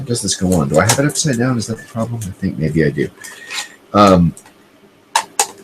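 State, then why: Seated. A small plastic protective cover is pressed onto a device and snaps into place, seated, with two sharp clicks at 5.2 s and 5.4 s. Someone talks through most of the clip before the clicks.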